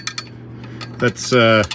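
A screw is turned into its threaded hole in a table frame while a table desk is being assembled; it catches briefly and then slips, giving two sharp ticks at 0.1 s and 0.2 s as it skips in the worn thread. Someone talks over the sound, and the screw is stripped, spinning in the hole instead of tightening.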